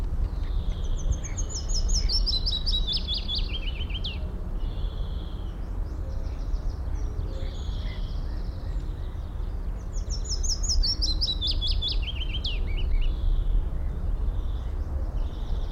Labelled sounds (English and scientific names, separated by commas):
Willow Warbler (Phylloscopus trochilus)